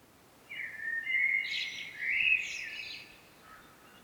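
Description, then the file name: Common blackbird song, a single warbled phrase with higher scratchy notes toward its end, then quiet. "Turdus merula"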